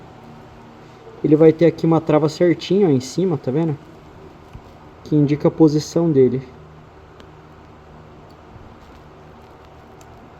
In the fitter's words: Pronto, ó. Tá vendo? Encaixou certinho.